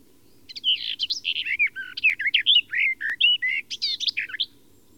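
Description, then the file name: Garden warbler singing a fast, continuous, rich warble of rapid varied notes lasting about four seconds, with a faint low hum underneath. "fauvette des jardins"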